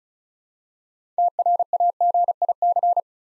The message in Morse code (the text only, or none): TRAGIC